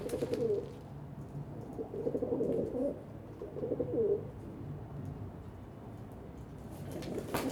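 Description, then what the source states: Pigeon coos come as three low, throaty bursts in the first half, then a quieter stretch and a sharp click at the end. Several pigeons on a balcony in Saint-Gilles, Belgium, cooing and fighting with wing beats; recorded with Sony PCM-D100 internal microphones in wide position.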